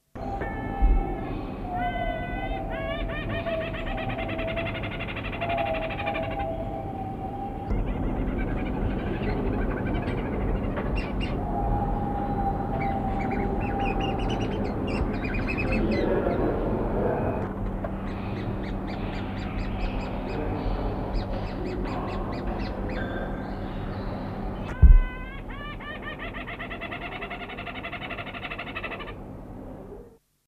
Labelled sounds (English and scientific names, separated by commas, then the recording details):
Collared Falconet (Microhierax caerulescens) call
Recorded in captivity
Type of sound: call
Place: Zoo Basel, Basel-Stadt, CH
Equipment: Halbspur, 9,5 cm/s
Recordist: Lütgens, Hans
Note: Ein Paar. teilweise im Nest